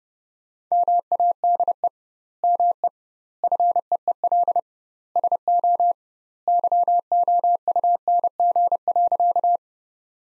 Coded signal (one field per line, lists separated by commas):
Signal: Morse code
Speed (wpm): 30 wpm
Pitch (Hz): 700 Hz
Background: none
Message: MADE ME FEEL SO YOUNG.